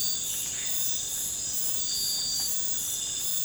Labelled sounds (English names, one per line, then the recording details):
none
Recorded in pastures near Puerto Asís, Putumayo, Colombia, on 20 December 2024 at 00:30
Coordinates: 0.466, -76.322
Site G040